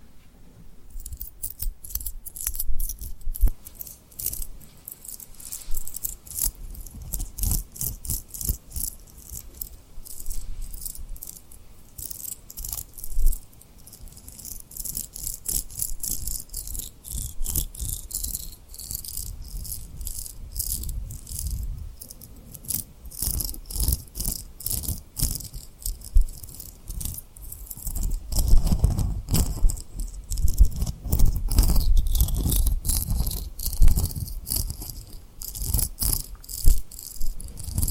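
Rapid tapping and rubbing on rhinestones make dense, rattling clicks throughout, with a soft low rumble swelling around thirty seconds.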